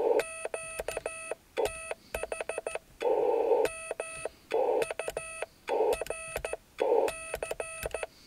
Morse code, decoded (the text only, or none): QTH MURC